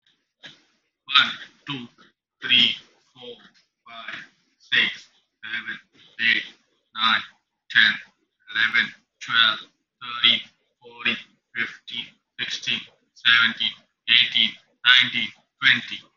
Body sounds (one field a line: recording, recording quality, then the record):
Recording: counting at a normal pace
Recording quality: excellent, no background noise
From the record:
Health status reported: COVID-19 positive, mild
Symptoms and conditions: cough, cold, fever, loss of smell and taste, asthma, chronic lung disease, pneumonia, hypertension, diabetes, ischaemic heart disease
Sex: male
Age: 40 years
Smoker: yes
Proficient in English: yes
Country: India